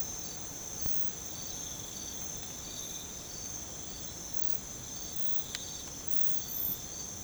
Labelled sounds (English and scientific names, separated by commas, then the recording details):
none
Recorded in secondary vegetation near Puerto Asís, Putumayo, Colombia, on 20 December 2024 at 04:30
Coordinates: 0.468, -76.324
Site G095